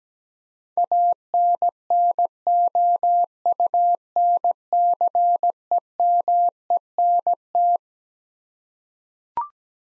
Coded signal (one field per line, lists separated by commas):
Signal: Morse code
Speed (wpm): 17 wpm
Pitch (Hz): 700 Hz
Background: none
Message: ANNOUNCEMENT